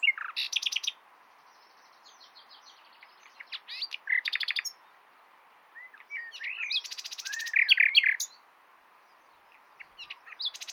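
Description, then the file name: Common nightingale song in separate bursts: dry rattles, clicking trills and twisting whistled notes, each phrase separated by a second or two of quiet. "Luscinia megarhynchos"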